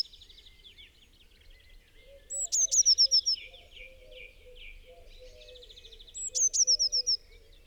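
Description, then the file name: Eurasian blue tit with two phrases of high thin notes dropping into a rapid trill, with softer twittering and a low warble between them. "Cyanistes caeruleus"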